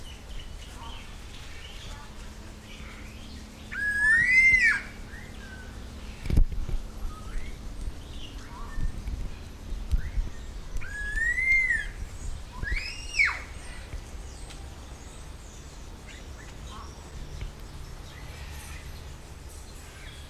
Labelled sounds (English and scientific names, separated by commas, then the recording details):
Red-tailed Laughingthrush (Trochalopteron milnei) call
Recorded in captivity
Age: adult
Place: Zoo Berlin, Berlin, DE
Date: 1997-08-28 10:58
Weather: sunny, 22-28°C
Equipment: Sony MD-WM MZ-R3, Sennheiser ME 80, K 30 AV, Kopie Uher 4000 Report Monitor
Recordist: Tembrock, Günter
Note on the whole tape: Rufe (Entfernung ca. 6 m)